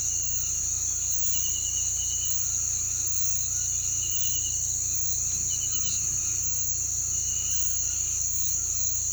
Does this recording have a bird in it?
no